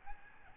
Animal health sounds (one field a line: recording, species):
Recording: mosquito wingbeat signal from an infrared sensor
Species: Aedes albopictus